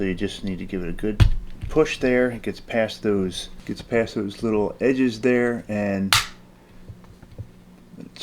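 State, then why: Seated. Someone talks while pushing the floor plate onto the polymer magazine body of a Glock 17 Gen 5 pistol, forcing it past two retaining notches that make it hard to slide on. After the talking stops there is quiet handling with a faint tick at 7.0 s, then a sharp click at 8.2 s as the floor plate snaps home and locks in place.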